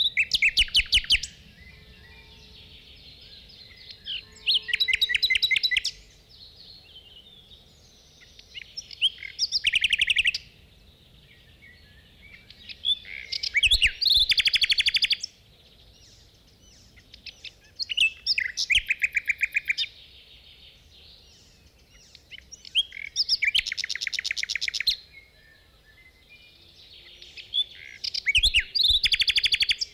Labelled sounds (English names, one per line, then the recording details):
Common Nightingale song
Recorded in the wild
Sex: male
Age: adult
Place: Dormagen, Nordrhein-Westfalen, DE
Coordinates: 51.08, 6.75
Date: 1986-05-24
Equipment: Sony WM-D6C, Parabolscheibe
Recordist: Skiba, Reinald